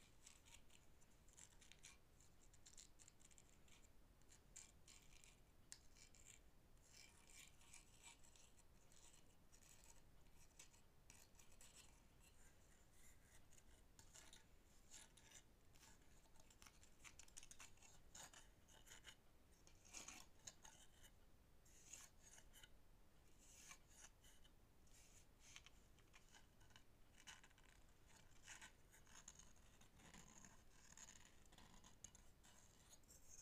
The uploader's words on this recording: I have a variety of wooden objects, all with their own original sound. Tapping and scratching Wooden objects.